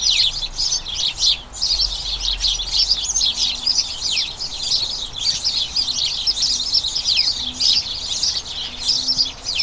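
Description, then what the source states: House sparrows in a lively chorus, many quick chirps overlapping constantly, with a faint low hum underneath. A colony of about a dozen house sparrows chattering incessantly in a small front garden as crocuses bloom, before the breeding season.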